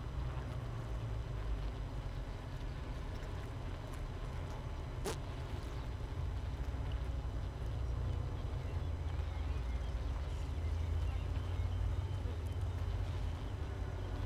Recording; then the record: honeybee colony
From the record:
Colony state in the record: missing queen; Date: 31 May 2018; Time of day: 6:03